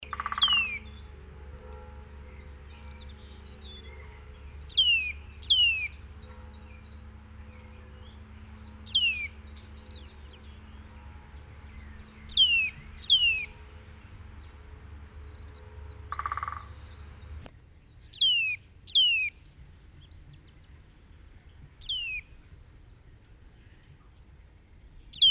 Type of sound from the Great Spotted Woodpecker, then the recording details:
drumming. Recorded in the wild. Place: Garmisch-Partenkirchen (Gschwandnerbauer), Bayern, DE. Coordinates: 47.4944, 11.1631. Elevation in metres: 1023. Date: 1969-04-12. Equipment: Uher 4000 Report. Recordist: Tretzel, Erwin